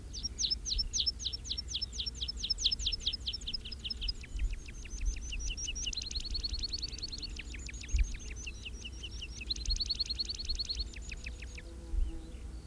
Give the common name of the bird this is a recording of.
Meadow Pipit